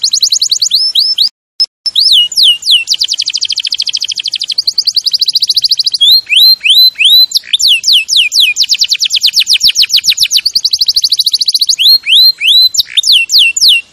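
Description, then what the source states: Canary in extended song, alternating upswept whistles, falling slurs and long fast buzzy trills, with a brief break near the start. Champion canary's song, used as a master recording for training other birds.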